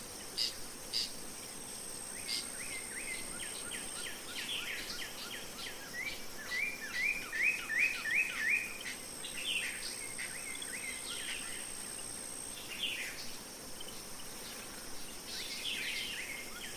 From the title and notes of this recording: Spring Glade: Relaxing Meadow Nature Ambiance. Relax in a tranquil meadow where birds chirp and bugs buzz with the joy of spring.